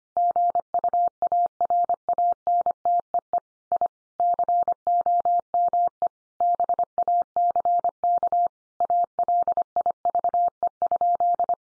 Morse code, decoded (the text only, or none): GUARANTEE I COME BACK ALIVE?